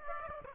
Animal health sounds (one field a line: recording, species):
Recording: mosquito wingbeat signal from an infrared sensor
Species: Aedes aegypti